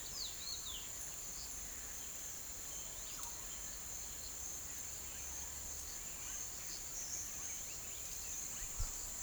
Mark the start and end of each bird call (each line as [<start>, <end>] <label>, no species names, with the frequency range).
[0.00, 9.22] bird call (0.4-6.3 kHz)